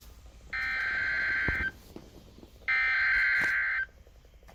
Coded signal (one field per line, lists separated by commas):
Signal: Emergency Alert System (SAME) tones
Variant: header bursts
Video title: SV-Anarchy - EAS Alerts From 6/1/2022 (EAS #21-34)